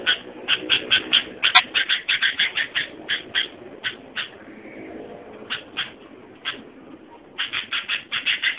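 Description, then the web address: Sooty-headed bulbul chattering: short harsh buzzy notes in quick runs, broken by a quiet pause midway before another fast burst near the end. "suara kutilang asli. burung kutilang"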